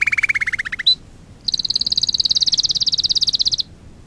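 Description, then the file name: Domestic canary song: a fast pulsed trill lower down, a brief high note, then a longer rapid high-pitched rattling trill. Fife canary. "kenari-fife-v 2-omkicau"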